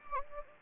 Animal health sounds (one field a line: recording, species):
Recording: mosquito wingbeat signal from an infrared sensor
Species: Anopheles gambiae